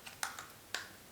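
A battery is pushed into the plastic battery compartment of an Insta360 One X action camera, and the flip-up hatch is closed over it. Two sharp clicks ring out at 0.2 s and 0.8 s, with quieter taps around them. The battery is seated and the hatch clicks shut.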